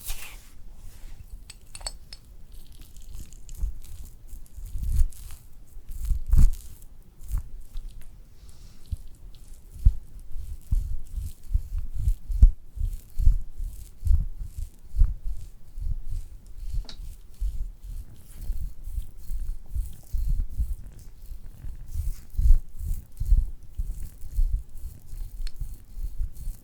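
Layered spa facial sounds: soft, muffled patting and rubbing that pulse continuously and fairly quickly, mostly low and dull in tone. Occasional light, crisp clicks and taps come through above, a few heavier thumps around five and six seconds.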